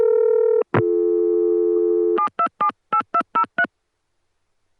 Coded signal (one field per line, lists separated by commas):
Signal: DTMF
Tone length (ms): 90 ms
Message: 7278203